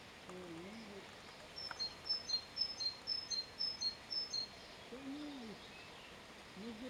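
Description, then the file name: Great tit singing a bright two-note phrase, high then lower, repeated about twice a second for a few seconds, with faint low sounds before and after. "Parus major"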